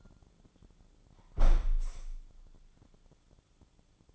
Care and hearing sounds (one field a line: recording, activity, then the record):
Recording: daily activity, microphone in the room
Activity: close window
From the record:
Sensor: 5